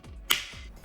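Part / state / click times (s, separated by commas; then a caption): juicer filter into the feeding container / seated / 0.3 s. The detachable plastic filter of a Canoly JE24 cold press juicer is pushed into the bottom of the juicer's feeding container, bigger holes toward the top. A single sharp, short click sounds at 0.3 s, with a bright ringing tail that fades over about half a second against a quiet background. The filter is seated all the way in.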